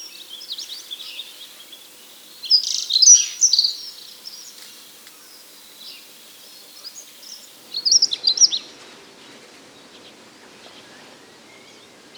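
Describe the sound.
Dunnock song: two short, fast, high-pitched warbling phrases about five seconds apart, with light twittering before the first.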